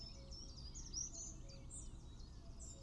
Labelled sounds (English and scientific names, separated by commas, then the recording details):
Common Chiffchaff (Phylloscopus collybita)
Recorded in Germany
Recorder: ecoPi